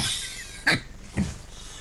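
Two short coughs from an adult, heard over a live audio chat line.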